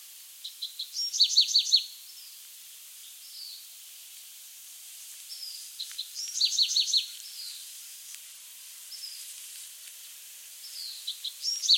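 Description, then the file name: Bewick's wren singing: a high, rapid phrase of buzzy trilled notes lasting under a second, repeated about every five seconds, with soft thin notes between phrases. "Thryomanes bewickii - Bewick's Wren"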